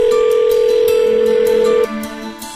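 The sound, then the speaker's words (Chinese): A steady telephone connecting tone holds one mid pitch for almost two seconds, then cuts off and drops to a quieter, lower electronic hum as the line connects to the first listener's call in a phone-in segment on Beijing Youth Radio. No voices. “我们现在就开始令人振奋的电话连线环节吧，来，让我们接听第一位听众的来电。”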